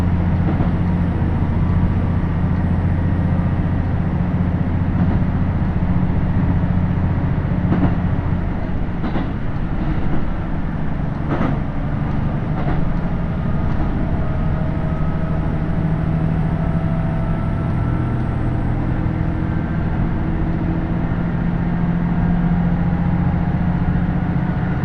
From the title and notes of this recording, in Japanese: 高山本線 岐阜→美濃太田（キハ75）。車両はキハ75系で快速みえ号にも使われています。